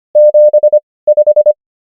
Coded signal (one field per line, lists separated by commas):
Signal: Morse code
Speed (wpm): 25 wpm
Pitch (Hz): 600 Hz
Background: none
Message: 75